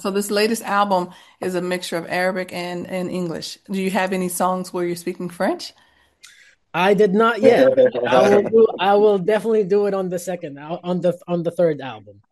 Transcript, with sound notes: So this latest album is a mixture of Arabic and, and English. Do you have any songs where you're speaking French?
I did not yet.
(laughs)
I will do... I will definitely do it on the second. Uh, on the th- on the third album.